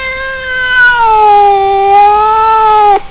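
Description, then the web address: Cat giving one long, drawn-out meow that dips slightly in pitch midway and holds steady before ending abruptly. "da capo vol 1 animals cat"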